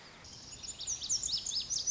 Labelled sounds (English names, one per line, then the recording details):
Lazuli Bunting
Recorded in Sonoma County, California